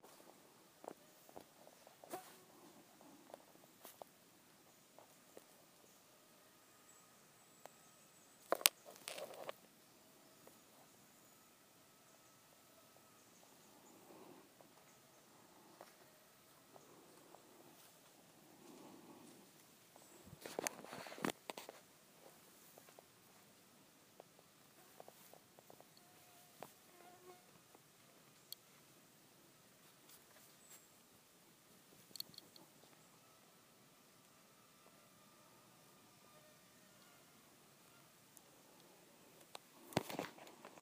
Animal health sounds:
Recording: mosquito flight sound by mobile phone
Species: Aedes sierrensis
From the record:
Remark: several mosquitoes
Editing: field recording with all noises

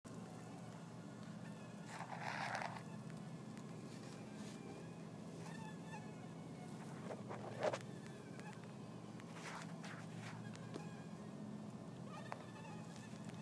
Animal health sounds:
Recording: mosquito flight sound by mobile phone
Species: Anopheles gambiae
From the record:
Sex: male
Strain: Kisumu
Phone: iPhone 4S

